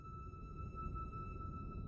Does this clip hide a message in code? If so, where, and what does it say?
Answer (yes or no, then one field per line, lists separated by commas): no